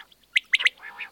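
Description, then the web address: Common quail calling with three sharp, liquid notes, a single note and then a quick pair, followed by softer, lower rasping sounds. Recording made for a decoy caller device. "Перепел Quaglia. plurifon"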